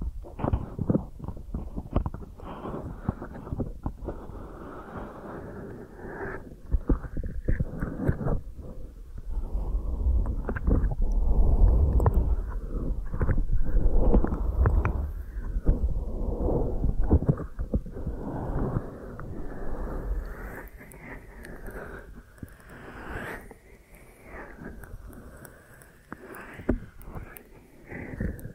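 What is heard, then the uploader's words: Dense, muffled rubbing and scraping of an ear massage runs through the whole clip, thick in the low end with little brightness above. Friction strokes come in irregular bursts, loudest and heaviest around the middle, then thinning slightly toward the end with some soft crinkly touches. ASMR Deep Ear Massage for Sleep(No Talking).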